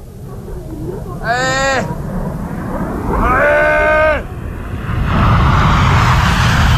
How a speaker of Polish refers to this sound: Możemy jeszcze raz posłuchać tego dźwięku, bo to rozumiem, jest przejeżdżający człowiek na nartach. No, pędzący i to naprawdę szybko.